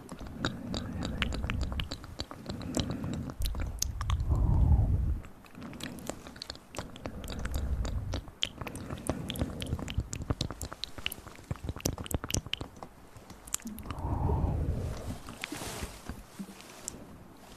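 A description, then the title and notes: Ear massage and mouth sounds: dense, wet clicks and smacks scattered through the whole clip, with low rubbing swells that build and fade around 4–5 seconds and again near 14–15 seconds. Sharp bright ticks come in quick irregular bursts. Intense Ear Massage & Mouth Sounds.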